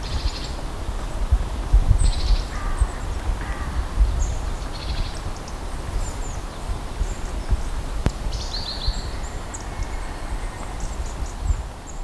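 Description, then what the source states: Birds chirping: scattered short high chirps and brief trills from several birds, over loud low rumbling noise throughout. In a forest.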